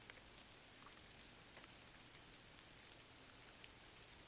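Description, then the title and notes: Cricket stridulation, high chirps repeated regularly, with quiet rain patter underneath. Crickets stridulating late on a summer night in gentle rain falling on vegetation, along an abandoned railway track in Bad Boll, Baden-Württemberg, nearby village silent. "Crickets in gentle summer rain. crickets stridulating late at night whilst gentle summer rain falls on the surrounding vegetation. abandoned railway track in Bad Boll, Baden-Württemberg. Colin Hunter. Music for Sleep"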